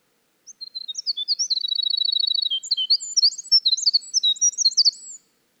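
Winter wren song, a long rapid cascade of high tinkling notes with a fast even trill in the middle, running about five seconds without pause.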